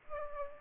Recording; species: mosquito wingbeat signal from an infrared sensor; Aedes aegypti